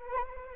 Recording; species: mosquito wingbeat signal from an infrared sensor; Anopheles arabiensis